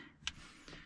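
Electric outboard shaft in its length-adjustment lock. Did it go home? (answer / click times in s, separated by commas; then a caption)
yes / 0.3 s. The shaft of an electric outboard is set to about one and a half meters and clicks into place as its length lock engages, with a sharp click at 0.3 s. A softer, longer knock follows at 0.7 s over a low background hum.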